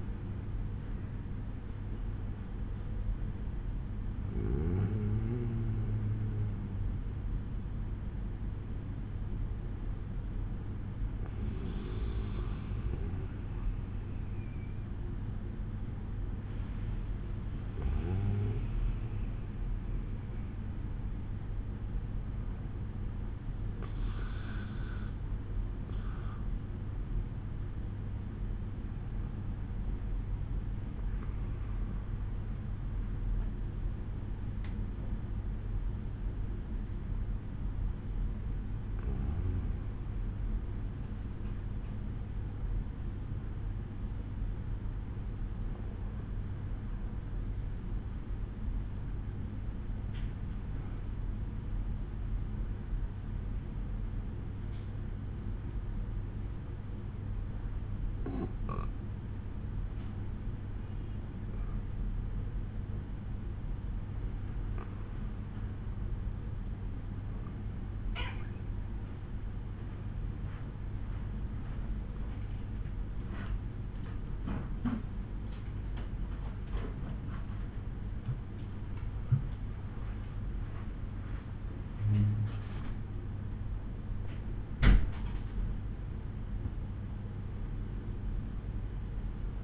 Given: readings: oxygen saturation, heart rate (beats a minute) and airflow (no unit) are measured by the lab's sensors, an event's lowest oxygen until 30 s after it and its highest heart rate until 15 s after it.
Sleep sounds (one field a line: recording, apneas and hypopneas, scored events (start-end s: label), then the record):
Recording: breathing in sleep by a smartphone at the bedside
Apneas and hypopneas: 1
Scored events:
22.00-82.00 s: new sleep stage, N2 (light sleep)
28.00-74.00 s: hypopnea (N2, oxygen 95% highest, then 93% lowest, heart rate 65 at the start, 75 highest)
82.00-89.64 s: new sleep stage, N1 (lightest sleep)
From the record:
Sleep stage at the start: N1 (lightest sleep)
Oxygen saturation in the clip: 87 to 95%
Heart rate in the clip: 57 to 75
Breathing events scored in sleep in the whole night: 187 in 7.2 hours asleep